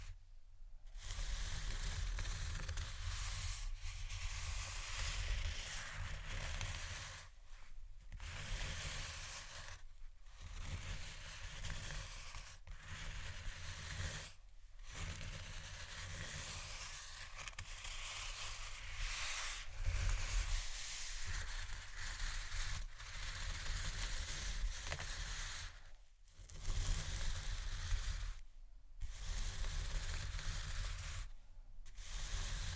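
Slow, deep, soft scratching moves in long continuous strokes, a dense rough hiss with a heavy low rumble underneath. Brief silent breaks interrupt it every few seconds, at around 7, 10, 14, 26, 28 and 31 seconds, before each stroke resumes.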